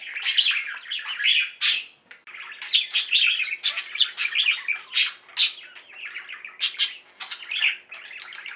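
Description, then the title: Budgerigar chatter: dense, fast warbling chirps and short squawks with few pauses, some sharper bursts standing out. "Budgie Sounds"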